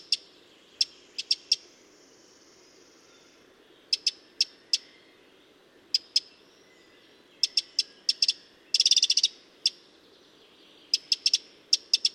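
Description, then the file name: Eurasian wren calling with hard clicking ticks in short clusters, plus one brief fast scolding rattle later on, over a steady low background hiss. "Troglodytes troglodytes"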